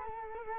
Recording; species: mosquito wingbeat signal from an infrared sensor; Culex quinquefasciatus